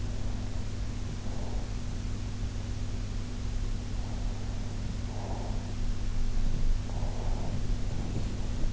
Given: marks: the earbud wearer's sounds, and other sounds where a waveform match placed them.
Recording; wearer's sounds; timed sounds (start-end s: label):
sounds in sleep by an in-ear microphone; breath
0.03-1.94 s: breath
4.09-6.07 s: breath
6.65-8.73 s: breath